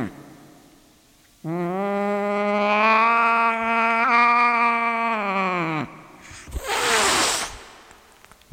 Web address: sunshine the cat sunshine the cat-sounds of the cat